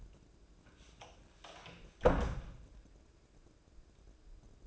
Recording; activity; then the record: daily activity, microphone in the room; close door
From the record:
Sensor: 2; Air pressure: 1012.2 hPa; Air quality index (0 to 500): 163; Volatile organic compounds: 2 ppm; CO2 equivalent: 1192 ppm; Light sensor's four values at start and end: 401/1001/407/427 and 402/1004/408/429